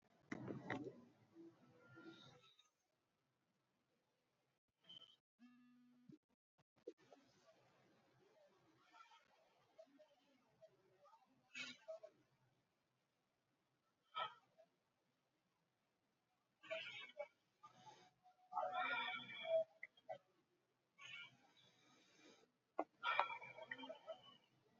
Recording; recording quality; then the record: deep breathing; moderate, slight background noise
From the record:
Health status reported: recovered from COVID-19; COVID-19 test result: negative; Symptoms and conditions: cough, fever, hypertension, diabetes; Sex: male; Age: 65 years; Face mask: not worn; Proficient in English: yes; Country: India